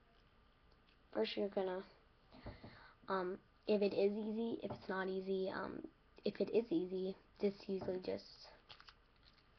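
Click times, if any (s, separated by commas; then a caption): 8.8 s. Someone talks while taking apart a retractable pen, and the cushion grip part pops off the plastic barrel with a short snap at 8.8 s, coming loose. A faint second click follows at about 9.3 s.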